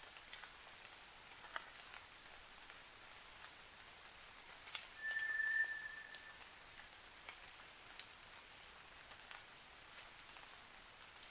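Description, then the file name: White's thrush singing two flat, drawn-out whistles, a lower note followed several seconds later by a higher one, against a constant hiss and occasional drips. Sung at night, 29 June 2009, at 23:14. "toratugumi-20090629-2314"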